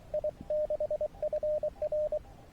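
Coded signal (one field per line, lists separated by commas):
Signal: Morse code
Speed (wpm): 23 wpm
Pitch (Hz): 610 Hz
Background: radio noise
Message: I6FR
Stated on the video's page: Morse from a SOTA summit activation combined with hike and fly paragliding.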